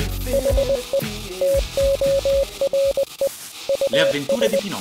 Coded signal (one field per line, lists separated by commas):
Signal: Morse code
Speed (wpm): 20 wpm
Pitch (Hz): 550 Hz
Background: speech, music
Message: HE TORE US